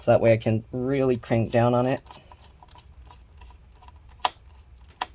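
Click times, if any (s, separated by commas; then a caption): 5.0 s. Someone talks while pushing down hard on one side of a Lenovo ThinkPad X1 Extreme laptop keyboard, with a hand braced underneath, against the keyboard retaining clip in the palmrest chassis. Faint small ticks and a sharp click at 4.2 s follow. A crisp click at 5.0 s is the retaining clip releasing, freeing that side of the keyboard.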